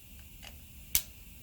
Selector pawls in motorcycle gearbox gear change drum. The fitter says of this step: I'll just flick it back a bit and you'll hear it clicking